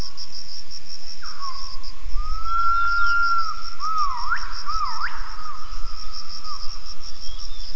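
Gibbon calling with smooth whistled notes that slide up, hold, then break into short looping swoops, over a constant shrill insect chorus.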